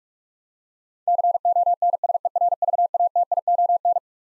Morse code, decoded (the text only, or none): CONSERVATION